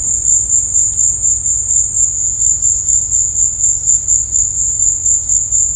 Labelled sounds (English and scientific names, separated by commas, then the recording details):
none
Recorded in dense forest near Puerto Asís, Putumayo, Colombia, on 26 December 2024 at 16:00
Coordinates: 0.481, -76.323
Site G100